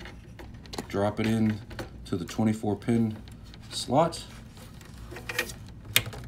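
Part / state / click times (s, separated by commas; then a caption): 24-pin ATX power connector into motherboard power socket / seated / 6.0 s. A 24-pin ATX power connector from a new power supply is pushed down into the motherboard power socket while someone talks. Its plastic latch clicks at 6.0 s, and a tug confirms it is seated and good to go.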